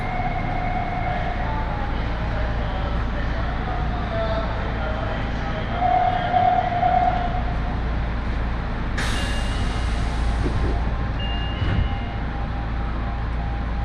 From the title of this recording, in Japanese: 鉄道旅 あおなみ線・東山線 金城ふ頭→荒子・高畑→名古屋